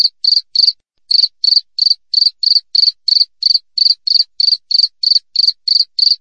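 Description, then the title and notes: Cricket chirping in a quick regular beat of high, clear pulses, pausing briefly near the start before resuming steadily. Clear wild cricket chirping with closely spaced pauses. "Jangkrik Alam Jernih, Jeda Rapat. suara jangkrik"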